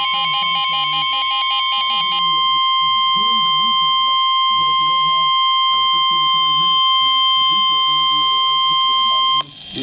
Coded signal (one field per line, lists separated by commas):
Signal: Emergency Alert System (SAME) tones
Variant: 1050 Hz attention tone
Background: speech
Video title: EAS Alert #72 - Severe Thunderstorm Warning #8 6/8/11